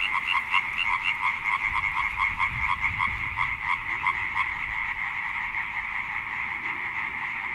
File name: chant rainette ok fort avec fond sonore choeur rainette